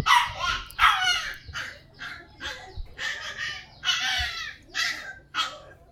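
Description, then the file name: Dog barking in harsh, shrill barks, roughly one or two each second, unevenly spaced. "Con Cho Con Quay"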